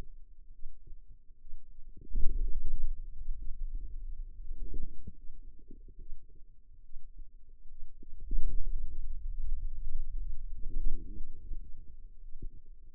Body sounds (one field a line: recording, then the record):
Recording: forearm muscle sounds (acoustic myography)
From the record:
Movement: pen grasping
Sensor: system 2, bracelet of six BSWA MPA416 microphones around the upper forearm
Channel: 5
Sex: female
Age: 25 years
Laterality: right